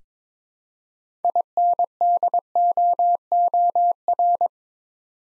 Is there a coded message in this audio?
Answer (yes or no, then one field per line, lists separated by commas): yes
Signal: Morse code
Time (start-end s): 1.2-4.5 s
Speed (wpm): 22 wpm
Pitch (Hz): 700 Hz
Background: none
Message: INDOOR